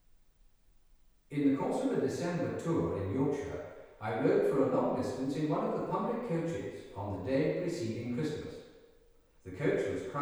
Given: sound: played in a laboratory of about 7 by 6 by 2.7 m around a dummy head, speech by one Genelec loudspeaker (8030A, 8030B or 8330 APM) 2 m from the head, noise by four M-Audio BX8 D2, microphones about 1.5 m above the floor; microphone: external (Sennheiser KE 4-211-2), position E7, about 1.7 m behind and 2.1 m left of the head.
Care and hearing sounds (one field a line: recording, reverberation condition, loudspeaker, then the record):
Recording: male speech in English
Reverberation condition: high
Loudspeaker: 30 degrees to the left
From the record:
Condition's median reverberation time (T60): about 1300 ms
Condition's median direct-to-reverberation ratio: about -4.0 dB